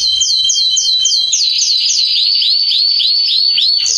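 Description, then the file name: Belgian canary repeating looping notes about four per second, first a sharp curled phrase, then a lower, rounder rising-falling note. "canto do canario belga salsa"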